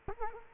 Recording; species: mosquito wingbeat signal from an infrared sensor; Culex quinquefasciatus